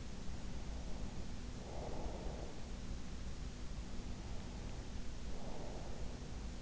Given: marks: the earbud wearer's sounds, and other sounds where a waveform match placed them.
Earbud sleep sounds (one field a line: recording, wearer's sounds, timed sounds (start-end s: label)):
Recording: sounds in sleep by an in-ear microphone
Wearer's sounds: breath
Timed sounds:
0.32-2.89 s: breath
3.86-6.46 s: breath